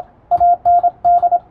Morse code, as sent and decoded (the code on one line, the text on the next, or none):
.- -. -..
AND